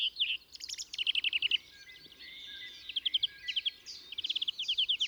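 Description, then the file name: Greenfinch giving quick bursts of rapid repeated chip notes in short trills, with thin drawn notes between the bursts. "Chloris chloris"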